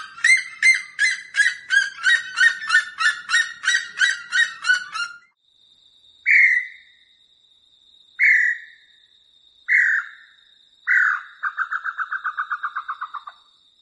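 A partridge sings a fast run of rich, reedy whistled notes, pauses, then gives four separate drawn-out calls, the last breaking into a quick stuttering trill, over a thin steady high hum.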